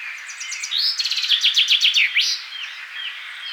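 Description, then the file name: Common chaffinch song, a cheerful series of repeated chips descending in pitch and closing with a brisk flourish; other birds call quietly in the background. "Fringilla coelebs"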